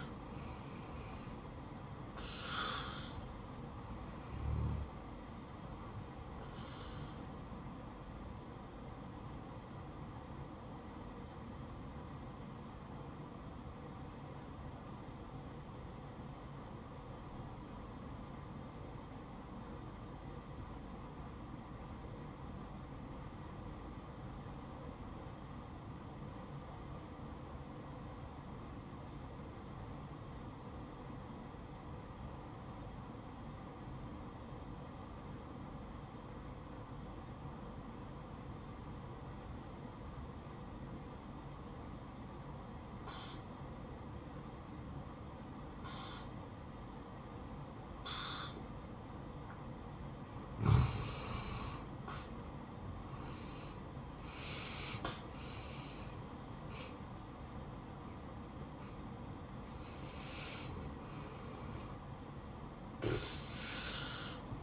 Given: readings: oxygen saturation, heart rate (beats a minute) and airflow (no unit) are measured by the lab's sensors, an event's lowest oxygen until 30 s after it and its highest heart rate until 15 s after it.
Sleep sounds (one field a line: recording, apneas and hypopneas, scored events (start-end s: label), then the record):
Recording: breathing in sleep by a smartphone at the bedside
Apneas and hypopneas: 1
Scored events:
12.00-52.60 s: obstructive apnea (N1, oxygen 96% highest, then 85% lowest, heart rate 66 at the start, 77 highest)
13.00-43.00 s: new sleep stage, N2 (light sleep)
43.00-64.62 s: new sleep stage, N1 (lightest sleep)
From the record:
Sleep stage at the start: N1 (lightest sleep)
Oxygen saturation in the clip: 86 to 96%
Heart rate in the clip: 59 to 77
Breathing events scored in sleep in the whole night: 573 in 9.8 hours asleep